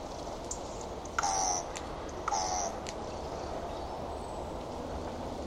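Bird calling twice, each a short note sliding downward, about a second apart, above a constant hiss of background noise.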